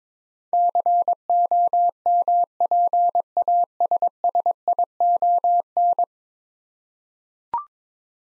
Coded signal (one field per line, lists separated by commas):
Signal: Morse code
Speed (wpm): 22 wpm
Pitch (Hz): 700 Hz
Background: none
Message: COMPASSION